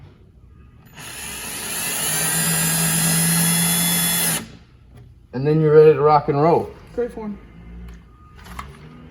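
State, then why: Seated. A firefighter places a plastic smoke alarm onto its ceiling mounting plate and twists it until it clicks into place. A steady mechanical whir runs from about 1.0 to 4.4 s, someone then talks, and a sharp, short click at 8.6 s marks the alarm locking onto the plate.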